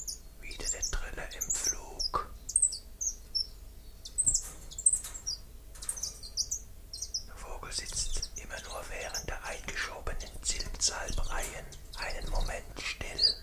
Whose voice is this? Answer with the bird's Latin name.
Phylloscopus collybita